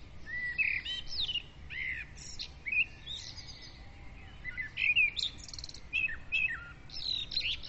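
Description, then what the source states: Several birds sing at once: whistled slides, sharp high chirps and trills follow one another almost without pause. Dawn bird chorus, recorded at dawn with a Zoom recorder.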